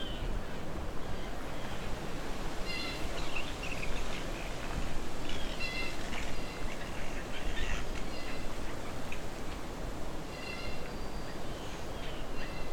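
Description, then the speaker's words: Blue Jay calls, scattered raspy nasal notes and brief whistles from several birds throughout, over constant low wind-like rumble. Many blue jays at the entrance to Alvar Bay, 26 July 2020, making lots of interesting sounds. "So I'm at Alvar Bay, but the entrance is full of blue jays making lots of interesting sounds."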